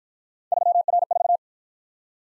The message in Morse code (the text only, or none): 3R4